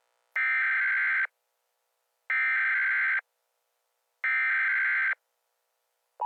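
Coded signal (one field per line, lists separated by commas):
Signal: Emergency Alert System (SAME) tones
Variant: header bursts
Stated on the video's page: Fictional EAS scenario about COVID-19 contaminated licorice; not real.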